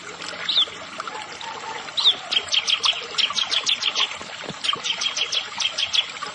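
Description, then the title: Prinia song: a couple of sharp chirps, then runs of quick, high notes, with a faint steady hiss behind. "Ciblek Sawah"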